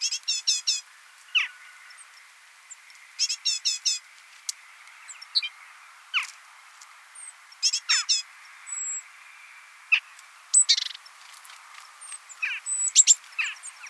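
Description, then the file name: Great tit giving buzzy chattering bursts mixed with sharp downward-slurred chip notes, and high squeaks later. "Parus major"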